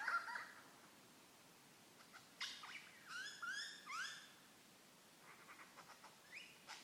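Lyrebird song: a varied mix of rising sweeps, quick chattering notes and short whistles, delivered in irregular bursts.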